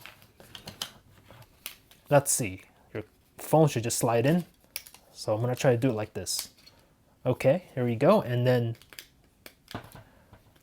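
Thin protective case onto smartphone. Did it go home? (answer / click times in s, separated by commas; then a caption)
yes / 9.5 s. A thin, purple Ringke plastic case is pressed onto a Samsung Galaxy S9 or S9 Plus smartphone, with light tapping and handling clicks heard while someone talks. After some fumbling, a sharp snap at 9.5 s marks the case seating onto the phone, followed by a few faint handling clicks.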